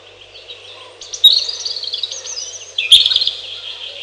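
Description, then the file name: European robin singing one continuous high, tumbling warble of thin whistles and rapid trills. "малиновка"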